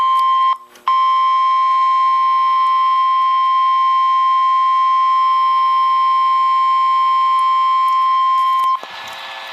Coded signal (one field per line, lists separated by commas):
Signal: Emergency Alert System (SAME) tones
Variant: 1050 Hz attention tone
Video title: Severe Thunderstorm Warning (EAS #334)